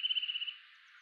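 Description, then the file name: Eurasian nuthatch trill call: a rapid run of high pulsed notes lasting about half a second, then fading out into quiet background. "Sitta europaea"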